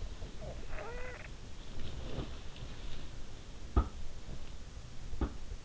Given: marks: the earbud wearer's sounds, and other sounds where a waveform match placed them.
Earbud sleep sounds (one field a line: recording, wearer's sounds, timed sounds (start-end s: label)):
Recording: sounds in sleep by an in-ear microphone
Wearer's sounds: breath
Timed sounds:
0.18-2.59 s: breath
3.61-5.65 s: sound from someone else or the room